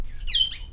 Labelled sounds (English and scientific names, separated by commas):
Stitchbird (Notiomystis cincta) song